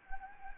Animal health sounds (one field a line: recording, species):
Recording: mosquito wingbeat signal from an infrared sensor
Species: Anopheles gambiae